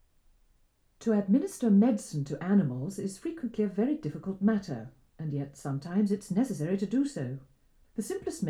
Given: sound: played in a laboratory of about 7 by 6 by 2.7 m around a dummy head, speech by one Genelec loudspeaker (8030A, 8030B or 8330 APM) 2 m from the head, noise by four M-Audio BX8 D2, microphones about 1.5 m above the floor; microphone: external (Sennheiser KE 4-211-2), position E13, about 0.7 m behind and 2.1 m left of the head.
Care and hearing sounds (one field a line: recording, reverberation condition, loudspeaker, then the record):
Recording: female speech in English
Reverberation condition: low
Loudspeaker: 120 degrees to the left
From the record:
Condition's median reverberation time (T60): about 310 ms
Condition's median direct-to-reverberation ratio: about 3.5 dB